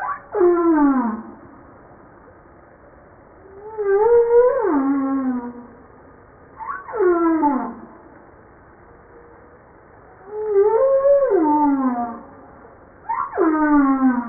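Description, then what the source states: Humpback whale song: several harmonic moans sweeping downward, repeated at intervals over low background hiss. Recorded 5 March 1994.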